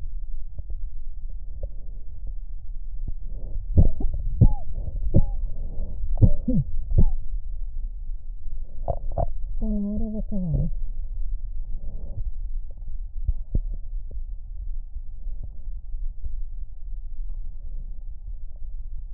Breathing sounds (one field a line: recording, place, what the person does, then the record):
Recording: lung sounds by stethoscope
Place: right posterior basal chest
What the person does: quiet breathing, then cough and speech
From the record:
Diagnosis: interstitial lung disease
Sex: female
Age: 60 years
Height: 154 cm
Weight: 68.1 kg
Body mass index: 28.7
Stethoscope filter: extended mode